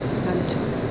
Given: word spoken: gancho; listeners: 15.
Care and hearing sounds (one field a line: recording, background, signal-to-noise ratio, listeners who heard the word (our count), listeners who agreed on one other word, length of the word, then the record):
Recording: one Spanish word in noise, from a listening test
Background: speech-shaped noise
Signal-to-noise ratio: -4.9 dB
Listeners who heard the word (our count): 4 of 15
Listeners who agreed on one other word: 10 of 15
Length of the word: 0.51 s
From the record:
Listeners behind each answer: 10, 4, 1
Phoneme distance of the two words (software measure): 7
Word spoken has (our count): 2 syllables, 5 phonemes, stress on syllable 1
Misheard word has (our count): 2 syllables, 4 phonemes, stress on syllable 1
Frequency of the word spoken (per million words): 4.01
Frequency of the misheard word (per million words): 22.37